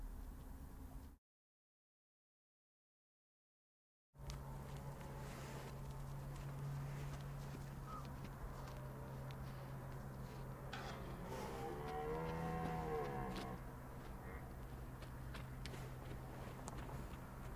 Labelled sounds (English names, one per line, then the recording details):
Red Deer rut call
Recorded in the wild
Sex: male
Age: adult
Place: Schönow, Naturpark Barnim, Brandenburg, DE
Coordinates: 52.6864, 13.5158
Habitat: heath
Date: 2012-09-30 20:32
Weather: 10°C, clear, windless, full moon
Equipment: Sound Devices 702, Sennheiser MKH 415 T, Rhode Windschutz
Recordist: Frommolt, Karl-Heinz
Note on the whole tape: Naturschutzgebiet Schönower Heide: eingezäunte Fläche mit Rotwild, Damwild und Mufflons: 2032 bis 20:42 Uhr. Rothirschbrunft. Rufe eines Hirsches. Neben dem Hirsch waren noch 6 weibliche Tiere. Entfernung minimal 80 m